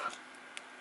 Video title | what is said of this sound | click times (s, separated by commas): Tillig HOm locos fitted with Lenz 10318 Next18 | It just lines up and will click in to place. | 0.6 s